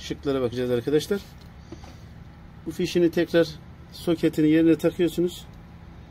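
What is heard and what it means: Someone talks while handling the carbon brush lead plug, about to push it back into its socket during carbon brush replacement on a small angle grinder. Only speech with low background hum is heard. Nothing has seated or clicked yet.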